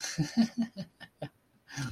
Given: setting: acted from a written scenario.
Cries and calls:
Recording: vocal sound without words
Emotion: amusement

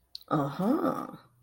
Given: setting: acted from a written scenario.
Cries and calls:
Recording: vocal sound without words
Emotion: interest

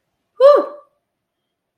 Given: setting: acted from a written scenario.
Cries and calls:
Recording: vocal sound without words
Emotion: triumph

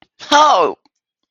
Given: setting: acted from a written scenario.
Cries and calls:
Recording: vocal sound without words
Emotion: pain

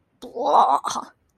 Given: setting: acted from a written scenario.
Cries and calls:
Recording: vocal sound without words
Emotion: disgust

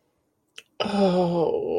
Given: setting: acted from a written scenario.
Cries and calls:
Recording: vocal sound without words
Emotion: desire

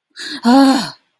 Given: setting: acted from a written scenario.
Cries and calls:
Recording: vocal sound without words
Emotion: fear

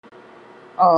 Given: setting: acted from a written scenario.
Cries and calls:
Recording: vocal sound without words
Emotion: sadness

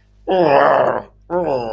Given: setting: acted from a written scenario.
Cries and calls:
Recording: vocal sound without words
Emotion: disgust

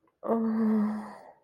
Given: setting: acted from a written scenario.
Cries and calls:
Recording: vocal sound without words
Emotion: sadness

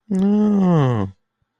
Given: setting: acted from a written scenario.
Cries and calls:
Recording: vocal sound without words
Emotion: embarrassment

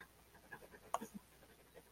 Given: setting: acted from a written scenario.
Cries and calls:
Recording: vocal sound without words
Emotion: fear

